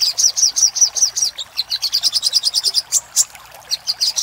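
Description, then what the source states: Little spiderhunter song: rapid series of high, sharp chips, then a pause and a few scattered sharp notes. Master recording for training cage birds; Indonesian name sogok ontong, labelled Labaik.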